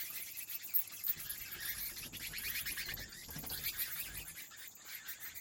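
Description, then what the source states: Bat wing flaps heard as a dense, continuous rustling flutter of fast soft beats, with a faint high tone in the background. Bats flapping their wings inside a cave habitat.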